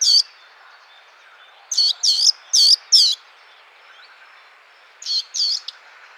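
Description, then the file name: Eurasian blackcap, loud notes given in short clusters, separated by quiet pauses. "Sylvia atricapilla"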